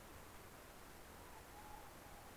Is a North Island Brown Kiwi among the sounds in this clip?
no